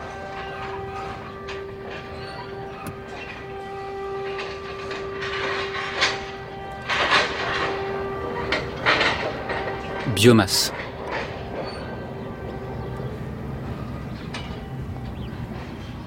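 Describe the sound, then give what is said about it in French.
Metal headlock feeding barriers (cornadis) that hold cows clank and rattle in a cowshed, a few irregular bursts of clattering over a steady mechanical hum, with a brief spoken word. “C'est le bruit de ce qu'on appelle les cornadis.”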